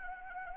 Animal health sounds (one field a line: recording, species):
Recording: mosquito wingbeat signal from an infrared sensor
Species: Anopheles arabiensis